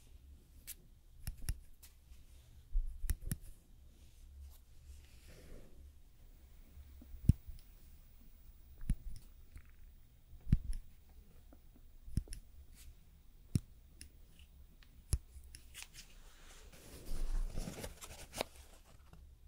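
Nail work with extensions and gel: sharp clicks and snips land every second or two over a low, steady hum. A few soft scraping or rubbing sounds come between the clicks, and a longer rustling burst comes near the end.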